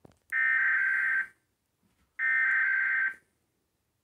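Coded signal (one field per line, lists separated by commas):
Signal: Emergency Alert System (SAME) tones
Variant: header bursts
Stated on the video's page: Required monthly test carried on cable TV, playing the full message.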